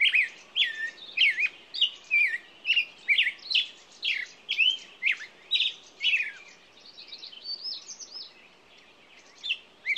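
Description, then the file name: Songbirds singing a quick run of whistled, sliding chirps, followed by fainter, higher notes. Morning songbirds. "Echoes Of Nature-Morning Songbirds"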